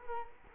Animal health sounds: mosquito wingbeat signal from an infrared sensor; Culex quinquefasciatus

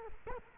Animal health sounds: mosquito wingbeat signal from an infrared sensor; Culex quinquefasciatus

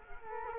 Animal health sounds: mosquito wingbeat signal from an infrared sensor; Culex quinquefasciatus

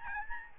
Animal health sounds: mosquito wingbeat signal from an infrared sensor; Aedes albopictus

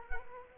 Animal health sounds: mosquito wingbeat signal from an infrared sensor; Culex quinquefasciatus

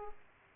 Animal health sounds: mosquito wingbeat signal from an infrared sensor; Aedes aegypti

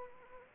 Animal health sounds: mosquito wingbeat signal from an infrared sensor; Anopheles gambiae

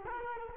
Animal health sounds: mosquito wingbeat signal from an infrared sensor; Culex quinquefasciatus

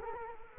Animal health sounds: mosquito wingbeat signal from an infrared sensor; Culex quinquefasciatus

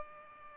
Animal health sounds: mosquito wingbeat signal from an infrared sensor; Culex pipiens

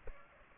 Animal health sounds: mosquito wingbeat signal from an infrared sensor; Aedes aegypti

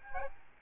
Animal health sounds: mosquito wingbeat signal from an infrared sensor; Aedes albopictus

